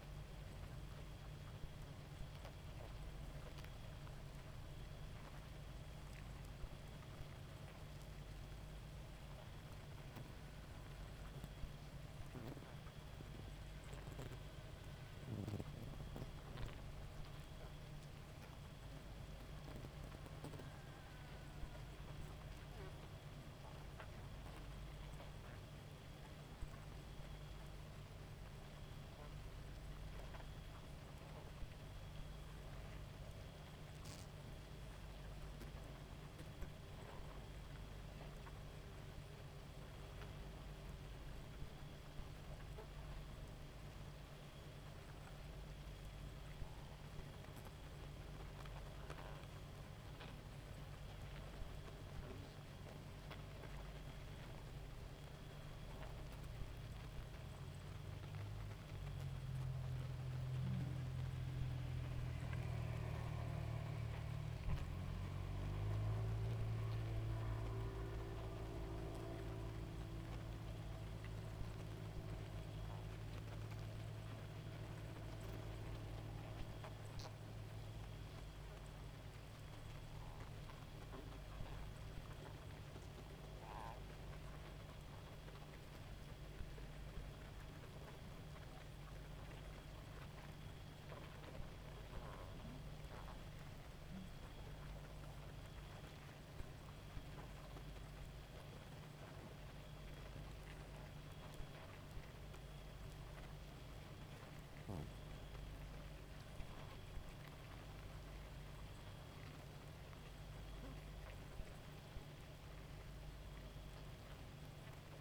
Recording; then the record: honeybee colony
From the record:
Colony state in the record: active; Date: 28 July 2017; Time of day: 1:54